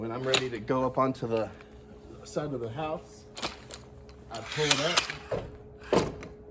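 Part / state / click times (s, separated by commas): aluminum telescoping ladder section lock engaging in the ladder rail / seated / 6.2 s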